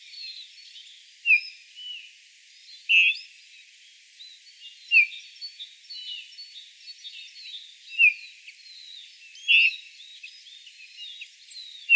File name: Pyrrhula pyrrhula